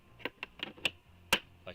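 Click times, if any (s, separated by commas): 1.3 s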